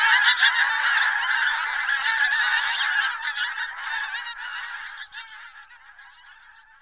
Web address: All the bird songs of Britain and Europe - Jean-Claude Roche. Anser brachyrhynchus